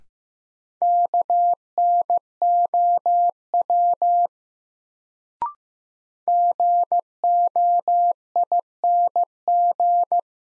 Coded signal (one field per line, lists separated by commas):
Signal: Morse code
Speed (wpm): 15 wpm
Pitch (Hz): 700 Hz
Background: none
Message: KNOW GOING